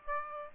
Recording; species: mosquito wingbeat signal from an infrared sensor; Aedes aegypti